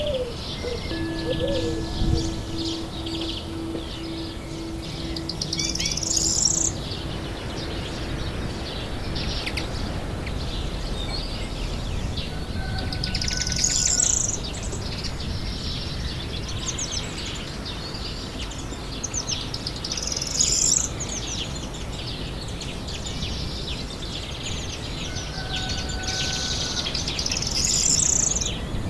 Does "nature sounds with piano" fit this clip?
yes